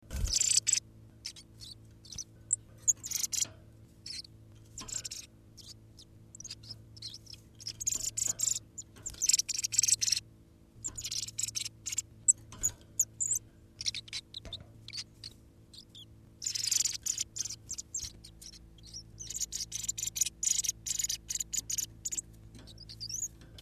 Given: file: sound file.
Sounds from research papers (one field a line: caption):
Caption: The early subsong of a male sparrow at PHD39